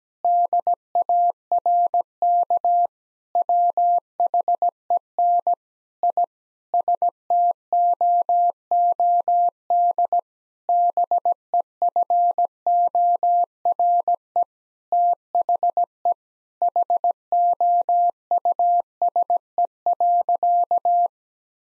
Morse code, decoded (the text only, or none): DARK WHEN I STOOD BEFORE THE HOUSE.